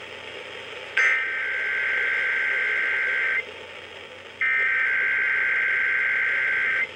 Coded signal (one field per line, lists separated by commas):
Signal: Emergency Alert System (SAME) tones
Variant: header bursts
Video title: EAS #126-#127: Monthly & Weekly Test | KHB36, WNG736, & WTOP